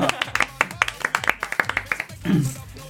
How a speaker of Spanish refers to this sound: un aplauso, por favor.